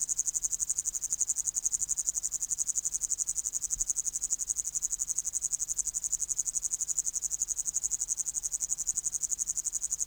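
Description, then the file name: Upland green bush-cricket producing a loud, continuous high-pitched stridulating buzz, pulsing rapidly and evenly throughout. "Tettigonia cantans"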